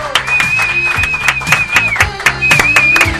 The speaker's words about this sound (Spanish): Nuevamente el aplauso para que la gente se dé cuenta cuántos somos.